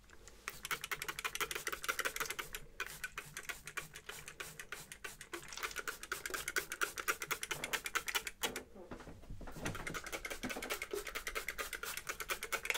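Scissors snip rapidly through a haircut, a dense, fast run of sharp, bright clicks with few pauses. Around eight to nine seconds the snipping breaks briefly for a softer rustle, perhaps brushing, then the quick cutting resumes, slightly quieter, to the end.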